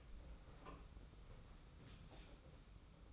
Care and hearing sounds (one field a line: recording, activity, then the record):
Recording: daily activity, microphone in the room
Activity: open door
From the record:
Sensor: 1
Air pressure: 991.5 hPa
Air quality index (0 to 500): 133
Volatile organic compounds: 491 ppm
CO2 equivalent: 4807 ppm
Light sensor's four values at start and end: 37/117/46/48 and 37/117/46/47